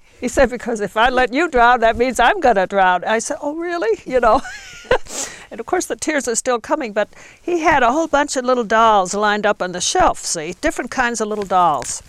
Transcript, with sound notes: He said, "because if I let you drown that means that I'm going to drown." I said, "Oh really." (she laughs) And, of course, the tears are still coming, but he had a whole bunch of little dolls lined up on the shelf, see, different kinds of little dolls.